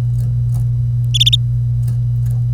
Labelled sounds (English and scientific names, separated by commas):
Domestic Canary (Serinus canaria) song